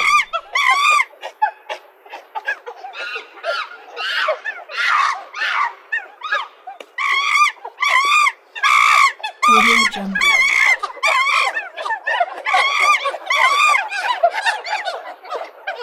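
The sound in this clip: Monkey calls, loud nasal harmonic cries repeated in quick succession, some rising then falling in pitch, delivered in an excited, uneven series with a brief low grunt midway.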